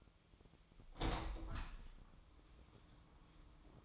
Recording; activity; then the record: daily activity, microphone in the room; open window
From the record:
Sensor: 1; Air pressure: 1004.7 hPa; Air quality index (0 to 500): 105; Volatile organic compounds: 3 ppm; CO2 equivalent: 1442 ppm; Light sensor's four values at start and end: 8/20/8/8 and 8/21/8/9